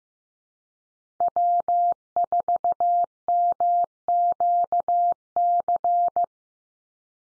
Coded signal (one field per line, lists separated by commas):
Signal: Morse code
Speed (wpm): 15 wpm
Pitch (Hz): 700 Hz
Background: none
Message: W4MQC